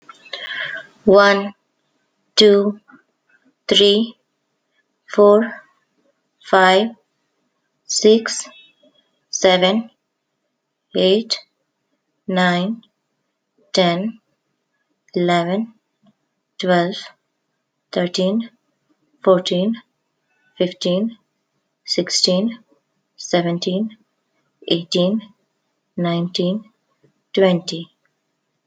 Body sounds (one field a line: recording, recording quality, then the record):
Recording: counting at a normal pace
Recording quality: excellent, no background noise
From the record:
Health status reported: respiratory illness, not identified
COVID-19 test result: negative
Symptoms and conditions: cough, cold, sore throat, fever, fatigue, muscle pain, loss of smell and taste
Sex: female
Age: 43 years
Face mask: not worn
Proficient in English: yes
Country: India